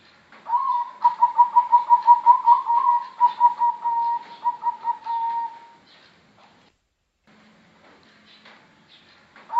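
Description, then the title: Zebra dove singing one long phrase of quick, evenly pulsed coos that swell, then trail off over about five seconds. Near-silence follows before a new phrase begins. Bangkok type zebra dove with a melodious song, used as a masteran tutor for other birds. "mster Mnuk. suara perkutut bangkok merdu untuk masteran"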